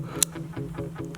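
A quick-release Olight PL Pro Valkyrie weapon light with a built-in battery is pushed onto a pistol's rail mount and clicks into place with a sharp snap at 0.2 s, confirming it is seated. A softer tick follows near 1.2 s, over a steady low hum and faint, regularly repeating tonal pulses in the background.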